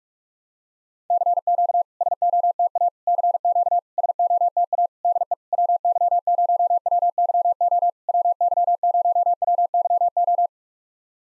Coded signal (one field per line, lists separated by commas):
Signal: Morse code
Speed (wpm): 44 wpm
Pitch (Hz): 700 Hz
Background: none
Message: CQ SOTA CQ SOTA DE WY0WYO WY0WYO